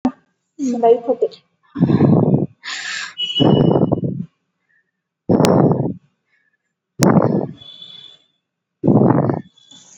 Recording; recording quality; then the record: shallow breathing; excellent, no background noise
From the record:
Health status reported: COVID-19 positive, no symptoms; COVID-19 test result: positive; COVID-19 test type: RT-PCR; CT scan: not taken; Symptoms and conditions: none ticked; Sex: female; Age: 22 years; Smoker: no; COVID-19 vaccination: none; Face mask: not worn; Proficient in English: yes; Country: India